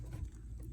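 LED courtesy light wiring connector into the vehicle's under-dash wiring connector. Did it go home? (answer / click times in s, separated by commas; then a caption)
partly / 0.4 s, 0.6 s. A plastic wiring connector for a plug-and-play LED courtesy light is pushed into its mating connector under the dash of an 84-96 Jeep Cherokee. Two faint clicks are heard at 0.4 s and 0.6 s over a low rumble. The connector is still not fully seated.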